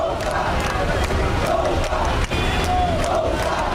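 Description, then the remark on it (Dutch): A dense street crowd at an election campaign chants loudly and steadily, many voices shouting a repeated slogan, "boat", the symbol of Prime Minister Hasina's party, together in a continuous, rhythmic roar with barely any pause. “Op straat wordt campagne gevoerd, alsof er een strijd wordt verwacht. Hier wordt geroepen, boot, boot, boot.”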